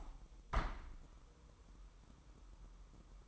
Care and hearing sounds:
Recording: daily activity, microphone in the room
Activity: open window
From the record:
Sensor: 1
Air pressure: 1000.3 hPa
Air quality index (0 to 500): 247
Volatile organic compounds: 141 ppm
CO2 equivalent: 3982 ppm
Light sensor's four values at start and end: 10/25/10/11 and 11/27/11/11

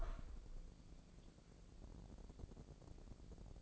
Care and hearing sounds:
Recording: daily activity, microphone in the room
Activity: open window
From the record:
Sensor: 5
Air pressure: 1012.4 hPa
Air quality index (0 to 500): 160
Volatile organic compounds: 2 ppm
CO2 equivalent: 1086 ppm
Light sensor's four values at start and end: 103/248/105/118 and 103/248/106/119

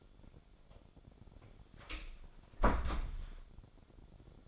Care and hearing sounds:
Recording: daily activity, microphone in the room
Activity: close door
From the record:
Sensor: 5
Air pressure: 1007.3 hPa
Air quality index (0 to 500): 166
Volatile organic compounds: 4 ppm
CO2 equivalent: 1590 ppm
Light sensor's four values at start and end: 56/159/62/62 and 55/157/61/61

